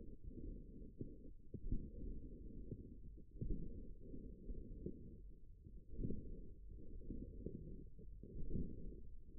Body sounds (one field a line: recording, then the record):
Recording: forearm muscle sounds (acoustic myography)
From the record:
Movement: forearm supination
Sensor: system 1, eight BSWA MPA416 microphones around the upper forearm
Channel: 7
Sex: male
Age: 54 years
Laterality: right